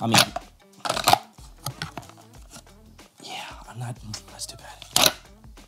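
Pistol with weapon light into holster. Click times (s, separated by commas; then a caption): 5.0 s. A pistol with a Holosun PID Plus weapon light with laser attached is pushed into a polymer holster after a few tries, with handling and rubbing sounds around 0.9 to 1.8 seconds while someone talks. The holster's retention catches with a sharp click at 5.0 seconds, and the pistol is seated.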